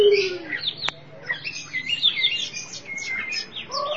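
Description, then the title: Oriental magpie-robin song, a descending whistle, a click, then a lively tumble of chirps and short trills, with faint low hum behind. Chirping song (kicauan) of the bird. "Suara Kicauan Burung Kacer Durasi Panjang"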